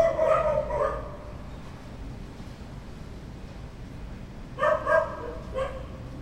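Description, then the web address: Dog barking, a quick pair of harmonic barks at the start, then a quiet gap with low background noise before another short burst of two or three barks. "verbi voco danca visual. Chiens"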